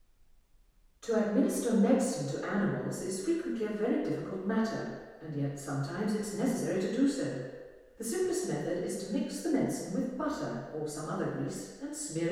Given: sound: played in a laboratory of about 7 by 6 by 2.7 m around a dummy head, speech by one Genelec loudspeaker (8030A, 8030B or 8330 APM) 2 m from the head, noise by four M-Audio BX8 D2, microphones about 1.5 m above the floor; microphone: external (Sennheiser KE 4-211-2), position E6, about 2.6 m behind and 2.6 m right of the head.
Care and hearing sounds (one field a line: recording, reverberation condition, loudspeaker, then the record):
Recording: female speech in English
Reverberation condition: high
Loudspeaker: 60 degrees to the left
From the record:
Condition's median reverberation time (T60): about 1300 ms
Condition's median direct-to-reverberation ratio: about -4.0 dB